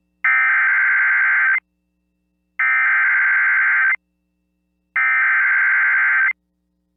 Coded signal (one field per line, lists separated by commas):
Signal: Emergency Alert System (SAME) tones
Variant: header bursts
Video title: EAS Severe Thunderstorm Warning Springfield, Missouri NOAA Weather Radio/KDRU +WeatherSTAR4000